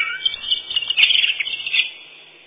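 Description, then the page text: Common blackbird song: a short, continuous run of high whistled and twittering notes, fading away near the end. Song described as mournful, fluty whistles. "Черный дрозд — Turdus merula"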